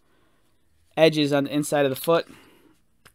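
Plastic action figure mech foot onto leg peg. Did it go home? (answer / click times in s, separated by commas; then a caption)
no / none. Someone talks from about 1.0 to 2.2 s while handling the plastic foot and leg of a Marvel Captain America Mech Strike Ultimate Mech Suit action figure, whose two flexing plastic teeth on the leg peg are meant to push into the foot and latch onto its inner edges. A faint short tick follows near 3.1 s. Nothing has seated or clicked yet.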